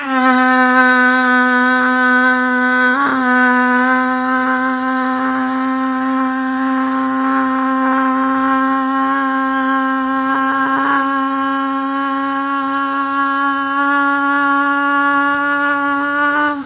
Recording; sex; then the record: sustained vowel /a/; female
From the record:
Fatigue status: no fatigue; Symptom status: symptomatic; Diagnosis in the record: COVID-19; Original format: 3gp